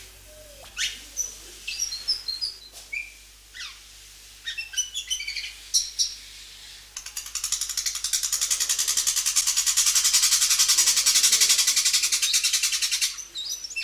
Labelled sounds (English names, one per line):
Javan Whistling-Thrush song